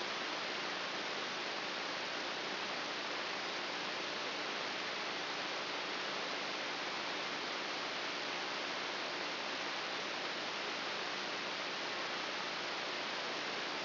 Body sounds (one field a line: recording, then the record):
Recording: brain microelectrode recording played as sound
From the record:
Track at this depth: inside the subthalamic nucleus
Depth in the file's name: 4.401 mm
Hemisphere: right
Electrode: 3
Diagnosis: Parkinson's disease